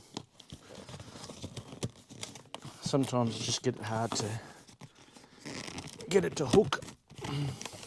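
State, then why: Not seated. While fitting upholstery on a Daytona car seat, someone works a seat cover hook clip onto the seat frame, making crinkling, rustling handling noises with sharp ticks between 0.2 and 2.5 s and a quick run of small ticks around 5.5 to 5.9 s. Someone talks throughout. The clip has not hooked or clicked into place yet; nothing has seated.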